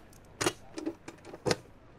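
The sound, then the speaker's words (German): A bunch of keys jangles with a few sharp metallic clicks and rattles, as a key is fitted and turned in the lock of a small box. No voices, just brief bright clanks spread over two seconds. “Ich habe den Schlüsselbund kommen lassen.”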